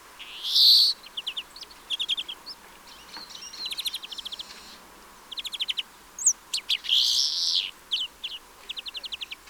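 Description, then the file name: European greenfinch trilled calls, short bursts of rapid clipped notes repeated throughout, with a few louder harsher chirps between the series. "Chloris chloris"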